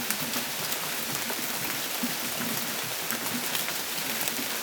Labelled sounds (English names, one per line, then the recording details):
none
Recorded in dense forest near Puerto Asís, Putumayo, Colombia, on 25 June 2025 at 14:00
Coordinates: 0.484, -76.325
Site H65